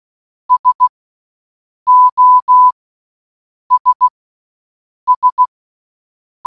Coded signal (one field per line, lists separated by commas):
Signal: Morse code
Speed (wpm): 16 wpm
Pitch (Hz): 1000 Hz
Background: none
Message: SOS S